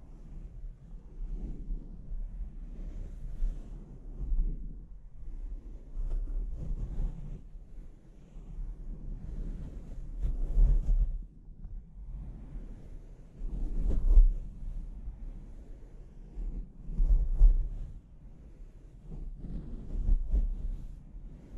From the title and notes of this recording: ASMR Brain Melting Mic Scratching (No Talking).